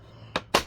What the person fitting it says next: and then that side just clicks into place